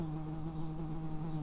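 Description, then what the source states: Bumblebee buzzing in a steady, unbroken low hum with strong even harmonics, holding the same pitch throughout with a faint fluttering overtone above. Worker bees of the early bumblebee.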